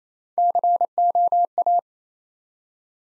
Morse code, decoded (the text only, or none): COA